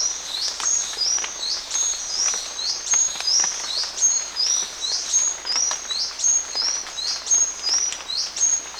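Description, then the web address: Buff-tailed sicklebill calls: thin, very high notes, each with a hooked downward sweep, repeated many times against background hiss. Recorded in Ecuador. "Birds of Ecuador. Buff-Tailed Sicklebill"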